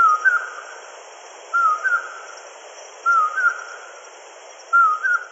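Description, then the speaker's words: Common Poorwill call: a clear whistled two-part phrase, the second note rising, repeated four times about every one and a half seconds. Breeds regularly in Utah; call likened to the eastern whip-poor-will without the 'whip'. "We have the common porwill, which sounds like this."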